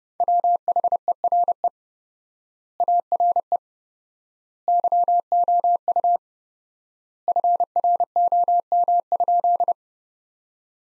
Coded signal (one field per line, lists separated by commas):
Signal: Morse code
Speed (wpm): 29 wpm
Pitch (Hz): 700 Hz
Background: none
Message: WHERE ARE YOU FROM?